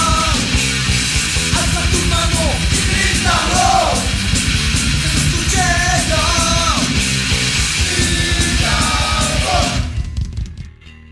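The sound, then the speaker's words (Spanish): Strained, rising vocal screams tear through loud, dense heavy-metal music with pounding drums and distorted guitars, continuing for about ten seconds before the sound cuts off abruptly. “En esta noche muy espacial, tienes que gritar.”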